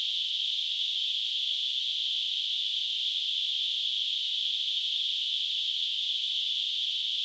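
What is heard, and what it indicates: A steady, unchanging high-pitched hiss lasts the full seven seconds, with no low sounds and no pauses. It is a simulation of tinnitus, the constant ringing or hissing that people with this condition hear in their ears.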